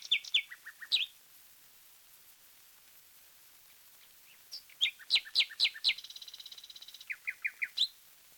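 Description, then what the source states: Common nightingale song with rapid chattering notes, a pause, then loud repeated phrases and a short buzzy rattle before closing chirps. Taken from a 1936 disc of wild bird songs, side A.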